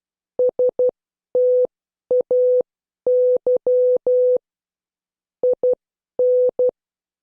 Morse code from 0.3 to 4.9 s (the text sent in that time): STAY